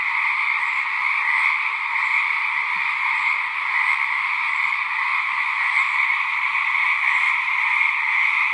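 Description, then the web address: Frogs calling in a dense continuous chorus, a steady unbroken droning trill that holds level for the whole stretch. "Frogs Singing"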